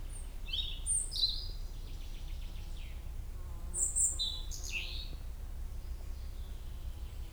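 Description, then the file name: European robin singing short phrases of high sharp whistles and fast trills, with quieter gaps between phrases and a low continuous rumble underneath. "Erithacus rubecula"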